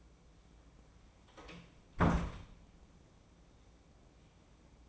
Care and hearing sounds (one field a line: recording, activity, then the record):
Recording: daily activity, microphone in the room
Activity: close door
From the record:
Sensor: 1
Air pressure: 1012.4 hPa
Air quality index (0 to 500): 162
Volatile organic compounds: 3 ppm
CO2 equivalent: 1327 ppm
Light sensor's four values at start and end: 823/1691/823/907 and 837/1722/837/922